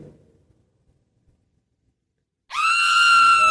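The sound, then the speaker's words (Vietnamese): After a stretch of near silence, a person outside behind the house screams: a loud, sustained high-pitched scream bursts out and holds steady to the end, harsh and strained with strong overtones. “Có tiếng ai hét ở ngoài nhà sau.”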